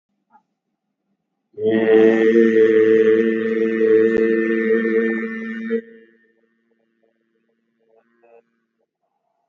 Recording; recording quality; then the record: sustained vowel as in made; excellent, no background noise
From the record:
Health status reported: COVID-19 positive, mild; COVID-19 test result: positive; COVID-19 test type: RT-PCR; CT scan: taken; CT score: 3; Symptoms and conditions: cold, fatigue, loss of smell and taste, hypertension, diabetes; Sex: male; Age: 76 years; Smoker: no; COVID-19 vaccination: both doses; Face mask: worn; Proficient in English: yes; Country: India